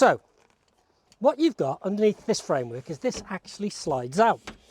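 In a Giottiline Giottivan 64G Premiere Edition motorhome, the slide-out bed frame extension under the seat base is being handled while someone talks. A few faint short ticks come around 0.5–0.7 s and a sharper one at 1.1 s. Nothing has seated or clicked yet; the frame is not yet locked into place.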